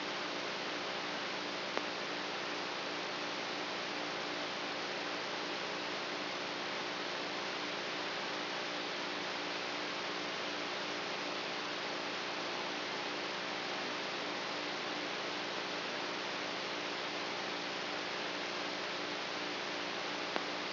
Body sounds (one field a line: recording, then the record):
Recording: brain microelectrode recording played as sound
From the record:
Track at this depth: outside the subthalamic nucleus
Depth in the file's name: 0.806 mm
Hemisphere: right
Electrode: 3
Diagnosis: Parkinson's disease